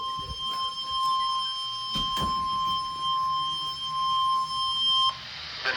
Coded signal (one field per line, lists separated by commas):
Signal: Emergency Alert System (SAME) tones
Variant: 1050 Hz attention tone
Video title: (DOUBLE HEADER!!) Flash Flood Warning and Severe Weather Statement (EAS #147-148)